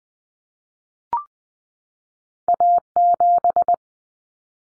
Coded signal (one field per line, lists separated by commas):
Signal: Morse code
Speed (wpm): 20 wpm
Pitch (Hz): 700 Hz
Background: none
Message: A7